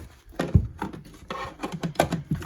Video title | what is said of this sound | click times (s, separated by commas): 2024 FOREST RIVER SURVEYOR 267 RBSS STK#13644 | Once you're in there like so, locks into place, you can turn it on. | 2.0 s